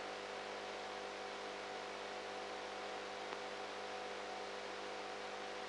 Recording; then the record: brain microelectrode recording played as sound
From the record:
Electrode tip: outside the subthalamic nucleus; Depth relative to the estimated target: 2 mm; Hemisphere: right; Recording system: NeuroSet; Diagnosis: Parkinson's disease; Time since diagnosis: 19 years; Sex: female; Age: 58 years